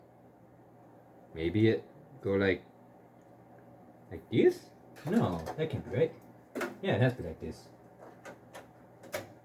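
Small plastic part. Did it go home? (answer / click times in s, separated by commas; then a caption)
yes / 9.1 s. During a first PC build, an unnamed component that would not click is turned to a different orientation and pushed into the computer again while someone talks. A single short click at 9.2 s marks the part seating into place.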